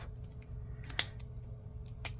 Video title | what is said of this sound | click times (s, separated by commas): Zebra Pen Test - #youtubecollabloopgroup - Pens | Make sure you close all of your stuff very well. Make sure you hear that little snap, | 1.0 s, 2.0 s